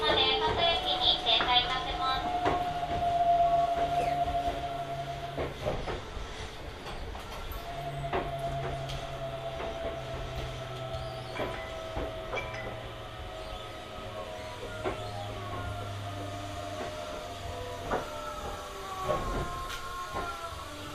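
A train ride on the Hokuso Railway through to the Toei Asakusa Line, with a steady rumble underneath a humming motor whine that holds, fades around six seconds, then returns. Sharp clacks from the rails break through every few seconds.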